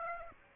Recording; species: mosquito wingbeat signal from an infrared sensor; Aedes aegypti